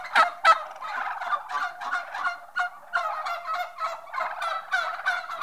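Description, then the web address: Turkey hens chattering together, rapid overlapping yelps and clucks with a few sharp knocks near the start. General atmosphere of a group of turkey hens; livestock. "The BBC Sound Effects Library. General atmosphere of Turkey Hens"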